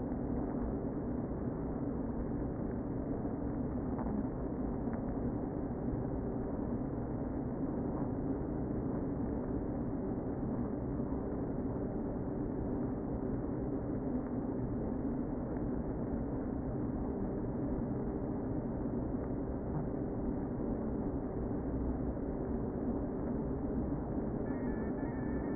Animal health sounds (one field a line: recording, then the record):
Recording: honeybee colony, microphone inside the hive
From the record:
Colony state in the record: queen present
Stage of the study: before two queens were removed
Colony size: about 60,000 bees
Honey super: yes